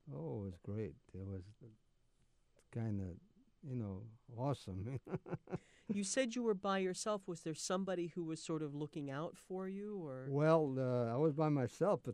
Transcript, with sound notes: Oh, it was great. It was kind of, you know, awesome. [Laughs]
You said you were by yourself. Was there somebody who was sort of looking out for you, or?
Well, I was by myself.